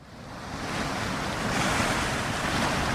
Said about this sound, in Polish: ja siedzę teraz na brzegu oceanu i patrzę, jak fale rozbijają się o rafę koralową